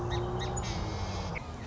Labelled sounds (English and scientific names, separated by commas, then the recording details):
Song Sparrow (Melospiza melodia)
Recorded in Sonoma County, California